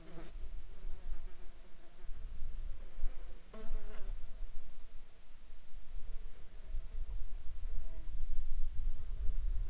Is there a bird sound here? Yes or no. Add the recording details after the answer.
no. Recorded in Ivvavik National Park, Yukon, on 4 July 2019 at 21:22. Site SINP03